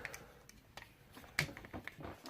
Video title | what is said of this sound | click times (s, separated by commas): Transformers Titans Return Astrotrain Hasbro Figure Review | that snapped into place and | 1.4 s